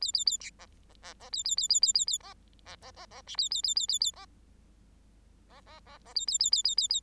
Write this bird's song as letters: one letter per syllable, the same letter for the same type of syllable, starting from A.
A A A B C C C C A A A A A A A C C C C C D A A A A A A C C C C C A A A A A A A